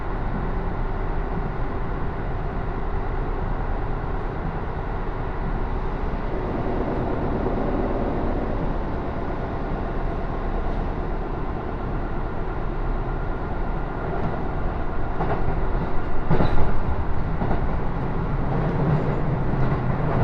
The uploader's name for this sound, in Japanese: 高山本線普通 上呂→下油井